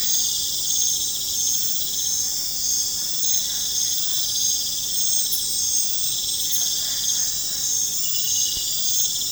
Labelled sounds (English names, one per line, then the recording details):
none
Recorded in pastures near Puerto Asís, Putumayo, Colombia, on 21 December 2024 at 20:30
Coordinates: 0.466, -76.322
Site G040